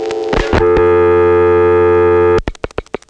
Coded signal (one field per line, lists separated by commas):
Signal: telephone call progress tone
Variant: North America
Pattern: dial tone